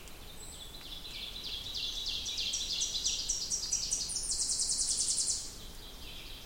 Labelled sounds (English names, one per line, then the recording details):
Ovenbird song
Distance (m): 50 m
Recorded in boreal forest in Alberta, Canada, on 2 June 2016 at 08:35
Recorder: SongMeter 3, array SBT-3-7
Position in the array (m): 54 m, 85 m
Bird 5